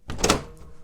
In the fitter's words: push it down you heard that nice satisfying click and then no more red there